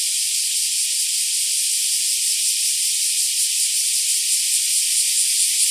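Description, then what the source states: Black cicadas producing a continuous shrill, hissing drone, even in loudness, with slight rapid pulsations and no other sounds. Several black cicadas.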